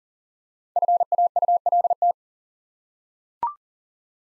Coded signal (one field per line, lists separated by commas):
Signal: Morse code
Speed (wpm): 40 wpm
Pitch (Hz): 700 Hz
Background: none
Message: FAULT